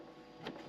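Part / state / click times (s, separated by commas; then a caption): plastic cutting board into fridge lid holder / seated / 0.5 s. A plastic cutting board is slid back into its slot in the lid of a dual zone fridge. A short sliding rub builds to a single click at 0.5 s. The board locks into place in its holder.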